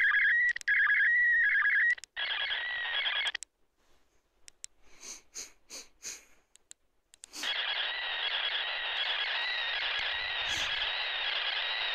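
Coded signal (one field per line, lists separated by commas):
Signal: SSTV (slow-scan television)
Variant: PD180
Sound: warbling tones, a pause with crackly bursts, then continuous buzzy scanning whine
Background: radio static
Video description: An example of SSTV (slow-scan television) transmission being received on a ham radio, 2m band (145,800mhz). The signal has to be decoded with a software on a PC - used MMSSTV (coding PD180).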